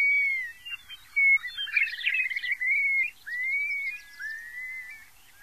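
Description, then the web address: Long-billed curlew whistled calls: clear slurred notes, some rising and some falling, with a brief burst of rougher, warbled notes in the middle. Recorded in North America. "Songs of Birds of North America Stokes. Long-billed Curlew"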